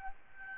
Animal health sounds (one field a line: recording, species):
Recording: mosquito wingbeat signal from an infrared sensor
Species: Aedes albopictus